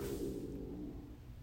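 A low, gurgling, cooing rumble of about a second from an adult woman's stomach: ordinary stomach growling (borborygmi), a normal digestive sound.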